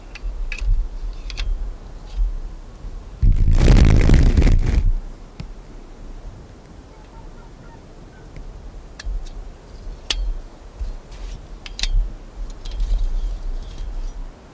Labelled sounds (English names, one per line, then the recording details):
Arctic Fox
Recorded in the wild
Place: Insel Mednyi, Kommandeur-Inseln, RU
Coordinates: 54.5167, 168.083
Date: 1999-07-12 15:20
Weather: stark bewölkt, 10°C, schwacher Westwind
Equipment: Sony WM-D6C, Sennheiser MKH 40, Windkorb, Kopie Sony TCD-D8
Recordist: Frommolt, Karl-Heinz